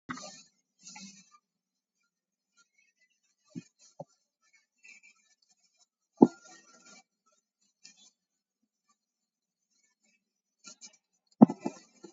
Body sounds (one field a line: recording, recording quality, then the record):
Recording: deep breathing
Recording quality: poor, much background noise or distortion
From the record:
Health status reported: COVID-19 positive, moderate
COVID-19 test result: positive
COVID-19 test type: RT-PCR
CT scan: taken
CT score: 10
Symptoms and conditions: cough, cold, fever, fatigue, muscle pain, loss of smell and taste, diarrhoea, diabetes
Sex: male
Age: 47 years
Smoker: no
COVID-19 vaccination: none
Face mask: worn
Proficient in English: yes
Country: India